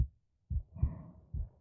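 Normal heart sounds of an adult woman, picked up by a microphone held against her chest: low, thudding beats.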